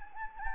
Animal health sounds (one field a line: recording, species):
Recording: mosquito wingbeat signal from an infrared sensor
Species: Anopheles gambiae